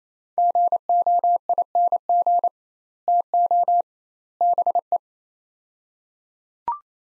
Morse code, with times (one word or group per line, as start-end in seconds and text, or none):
0.4-2.5 GOING
3.1-3.8 TO
4.4-5.0 BE